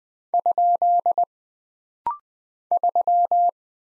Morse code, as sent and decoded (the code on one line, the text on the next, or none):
..--.. / ...--
? 3